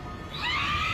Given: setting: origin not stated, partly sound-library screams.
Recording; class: one-second piece from a danger detection set; woman in danger